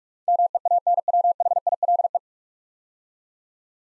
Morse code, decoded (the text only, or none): MEANWHILE